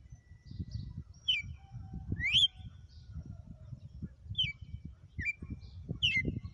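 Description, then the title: Red-cowled cardinal song: several clear slurred whistled notes against a steady low rumbling noise. Female; notes say she gave one açoite after another today. "Canto Galo Campina Fêmea. Galo de campina,hj foi um açoite atrás do outro"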